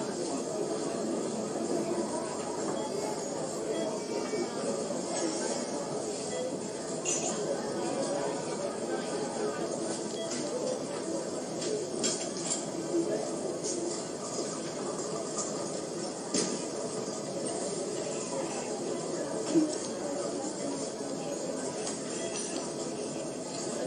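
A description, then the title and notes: Cafe ambience: a dense, steady murmur of many overlapping voices fills the whole 24 seconds at an even level. Light clinks of dishes or cutlery cut through now and then, around 7, 12, 16 and 19 seconds, the sharpest near the end. ASMR Cafe.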